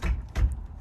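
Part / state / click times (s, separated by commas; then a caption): handbrake return spring onto rear brake shoe fixing / not seated / none. A steel handbrake return spring on a Fiat 500 rear drum brake shoe is worked toward its fixing with pliers during a rear wheel cylinder replacement for a leak. Brief metallic taps and knocks sound around 0.4 s and 0.8 s, with a faint tick near 0.5 s. The spring is still being handled and nothing has seated or clicked into place yet.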